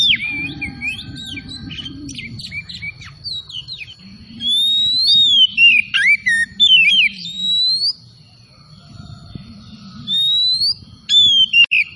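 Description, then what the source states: Oriental magpie-robin song: varied whistled and chattering notes in bursts, with a low hum underneath and a steady high tone running through. Kacer Tretes bird, singing vigorously (gacor).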